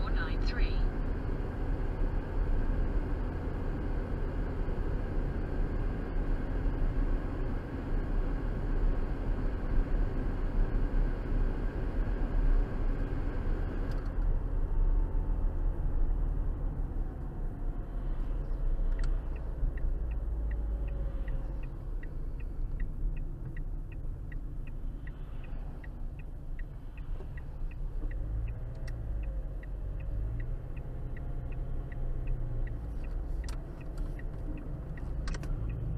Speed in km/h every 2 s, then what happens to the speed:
60, 58, 60, 61, 60, 61, 61, 60, 48, 44, 35, 31, 23, 18, 18, 21, 27, 26.
0-14 steady at about 60. 14-26 brakes to 18. 26-32 speeds up to 27.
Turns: 32-36.